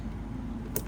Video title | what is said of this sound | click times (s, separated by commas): using the SD card for the SUPERSONIC SC 10099 RADIO | Okay, it's now you could hear it like click when it's in there. | 0.8 s